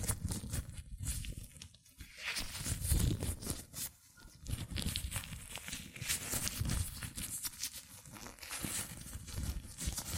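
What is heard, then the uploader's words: Latex gloves rub, squeak and crinkle against hands in a busy, uneven stream of small rustles and snaps. Sharp bright clicks come every second or so, over a low rumbling handling noise, with brief quieter gaps near two and four seconds. ASMR Latex Gloves Hand Sounds (No Talking).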